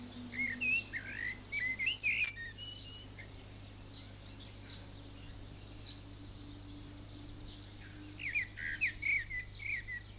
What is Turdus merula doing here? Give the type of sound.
song